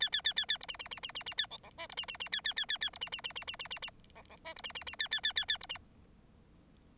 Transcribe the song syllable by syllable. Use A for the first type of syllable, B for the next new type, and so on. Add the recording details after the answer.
A A A A A B C C C C C C A D D E B C C C A A A A A B C C C C C C C C D D E B C C C A A A A A B C. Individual Bird9